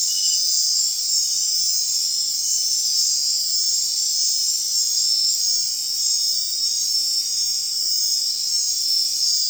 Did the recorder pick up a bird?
no